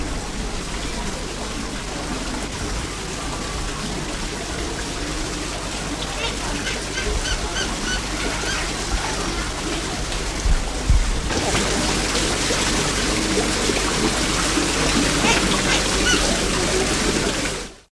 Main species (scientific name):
Penelopides panini